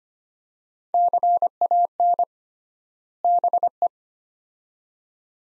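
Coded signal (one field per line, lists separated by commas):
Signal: Morse code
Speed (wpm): 25 wpm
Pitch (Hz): 700 Hz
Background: none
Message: CAN BE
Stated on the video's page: Morse practice drill of two-word phrases at 25 wpm with 3x word spacing, a Farnsworth-like method; each set sent in Morse, spoken, then sent again.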